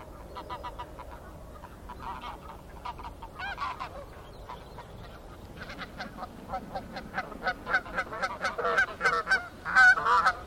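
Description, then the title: Goose: geese honking in quick repeated calls that grow louder and denser towards the end. Gaggles of geese in fields by the River Thame, England, UK, morning of 23 September 2023, excited by the amount of water across flooded meadows. "Gaggles of geese, River Thame, England, UK on 23rd September 2023"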